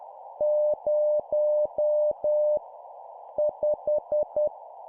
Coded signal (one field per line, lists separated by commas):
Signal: Morse code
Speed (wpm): 10 wpm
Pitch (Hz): 600 Hz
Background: none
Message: 0 5